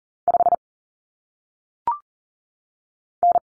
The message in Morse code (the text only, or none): 5 N